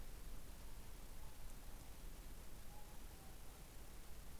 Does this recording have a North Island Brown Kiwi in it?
no